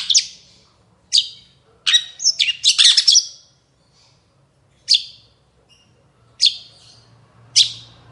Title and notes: Cendet Gacor Dor Di Kala Pagi Toet Toet Variasi Suara. Burung cendet